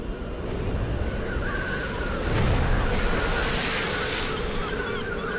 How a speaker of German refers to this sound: Die Brandung schlägt gegen die Felsen. Tag für Tag, Woche für Woche, Monat für Monat, Jahr für Jahr. Im Lauf der Zeit nagt sie selbst die größten Steine zu feinstem Sand.